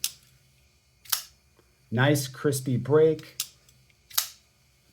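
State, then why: Seated. At 4.2 s a crisp metallic click sounds as a small lock snaps fully into place.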